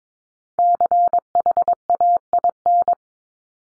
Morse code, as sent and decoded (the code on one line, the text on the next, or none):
-.-. .... .- .. -.
CHAIN